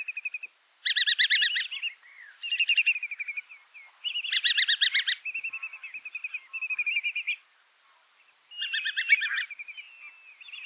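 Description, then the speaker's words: Whimbrel giving quick runs of piping, tittering notes in repeated bursts with brief silent gaps between them. Series of piping notes, very different from the curlew's call; often heard from birds flying by on spring and autumn passage; formerly known as Maybird. "Yeah, when I'm out in the spring or in the autumn and I hear that series of those piping notes, I know, oh, whimbrel flying by."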